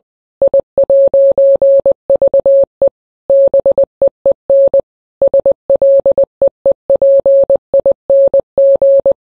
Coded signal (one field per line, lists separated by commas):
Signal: Morse code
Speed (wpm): 20 wpm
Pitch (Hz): 550 Hz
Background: none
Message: I'VE BEEN SLEEPING